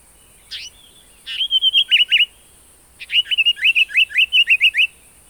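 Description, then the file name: African paradise flycatcher giving sharp introductory notes, then two quick rasping series of repeated buzzy notes, the second longer with about a dozen notes. "African Paradise Flycatcher (Terpsiphone viridis)"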